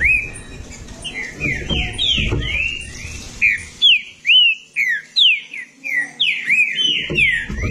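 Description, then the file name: Green-winged saltator singing a rapid chain of clear whistled notes, many sliding downward, with low rumbling noise early and again at the end. "canto do trinca ferro"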